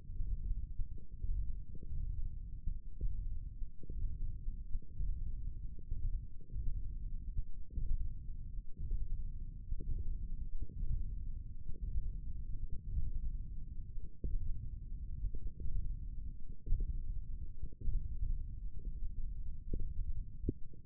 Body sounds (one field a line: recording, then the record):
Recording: forearm muscle sounds (acoustic myography)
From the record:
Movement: finger pinch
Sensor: system 1, eight BSWA MPA416 microphones around the upper forearm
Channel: 1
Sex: male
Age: 20 years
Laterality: left